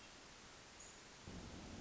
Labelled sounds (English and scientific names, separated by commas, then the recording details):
Hermit Thrush (Catharus guttatus)
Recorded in Sonoma County, California